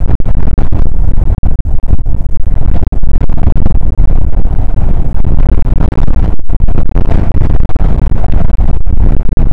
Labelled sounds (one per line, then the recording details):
wind
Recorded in the Prudhoe Bay oil fields, Alaska, on 19 July 2019 at 00:06
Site 25